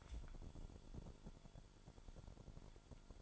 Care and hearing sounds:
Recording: daily activity, microphone in the room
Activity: take from stove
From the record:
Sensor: 5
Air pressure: 1008.2 hPa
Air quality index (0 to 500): 122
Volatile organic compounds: 1 ppm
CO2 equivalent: 938 ppm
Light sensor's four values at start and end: 28/61/26/26 and 28/62/26/26

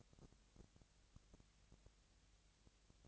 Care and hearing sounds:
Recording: daily activity, microphone in the room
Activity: no activity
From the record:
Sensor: 3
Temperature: 20.6 degrees Celsius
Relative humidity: 35.7%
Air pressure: 998.8 hPa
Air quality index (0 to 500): 236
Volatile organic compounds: 72 ppm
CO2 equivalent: 3534 ppm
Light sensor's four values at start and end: 2/3/2/2 and 2/3/2/2

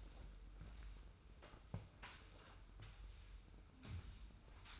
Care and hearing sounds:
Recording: daily activity, microphone in the room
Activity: sweep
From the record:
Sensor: 2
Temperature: 25.1 degrees Celsius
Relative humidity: 45.4%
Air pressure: 990.3 hPa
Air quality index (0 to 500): 210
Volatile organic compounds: 1000 ppm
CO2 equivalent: 6742 ppm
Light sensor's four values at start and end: 14/26/13/14 and 30/71/29/29

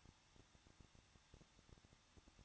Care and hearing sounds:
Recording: daily activity, microphone in the room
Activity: no activity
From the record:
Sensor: 3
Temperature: 21.2 degrees Celsius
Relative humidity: 36.3%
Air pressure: 1006.3 hPa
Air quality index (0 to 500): 221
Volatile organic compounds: 40 ppm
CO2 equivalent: 3155 ppm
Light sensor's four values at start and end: 2/3/2/2 and 2/3/2/2

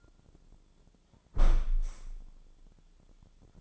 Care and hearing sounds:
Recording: daily activity, microphone in the room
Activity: close window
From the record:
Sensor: 5

